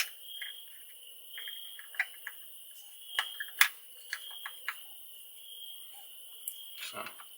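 A replacement lens assembly is fitted back into the housing of a Firefly V6 Pro action camera with several small taps and clicks over a steady high-pitched tone. The sharpest click at 3.6 s marks the assembly dropping into place, and it is confirmed seated.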